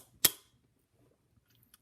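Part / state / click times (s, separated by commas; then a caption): pistol component (likely slide or recoil spring assembly) into the frame / seated / 0.2 s. During reassembly of a Colt Woodsman Series 2 pistol, a part is pulled upward and inward with the left index finger and backward with the right index finger. One sharp, loud click at 0.3 s marks the part snapping into place in the frame, followed by a few faint small ticks near the end. The part is seated.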